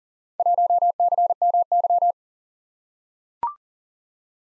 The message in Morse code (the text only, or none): 1CMY